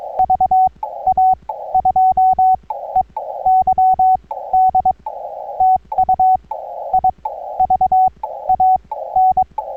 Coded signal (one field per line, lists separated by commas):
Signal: Morse code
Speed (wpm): 22 wpm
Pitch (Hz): 750 Hz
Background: none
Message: VA2EYD TU IVAN